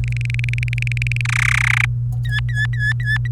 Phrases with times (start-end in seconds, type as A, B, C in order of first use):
0.04-1.21 A, 1.25-1.85 B, 2.25-3.31 C